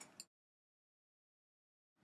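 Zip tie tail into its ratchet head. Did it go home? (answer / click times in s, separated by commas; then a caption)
yes / 0.2 s. A plastic zip tie, threaded through a small drilled hole in the bottom corner of an aftermarket fairing piece under the headlight of a Honda CBR600RR, is latched into its ratchet head to secure it to the front spoiler. After a brief rustle, the ratchet gives a single sharp click at 0.2 s, then there is silence until a faint sound near the end. The tie is seated on just its first notch.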